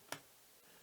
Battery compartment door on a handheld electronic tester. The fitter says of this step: There we go it's unlocked.